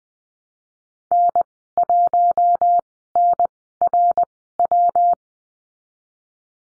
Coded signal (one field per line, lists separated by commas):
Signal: Morse code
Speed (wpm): 20 wpm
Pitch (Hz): 700 Hz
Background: none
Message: N1NRW